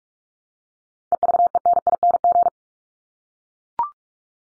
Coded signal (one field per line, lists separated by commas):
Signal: Morse code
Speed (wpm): 44 wpm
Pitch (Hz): 700 Hz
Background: none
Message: EVENING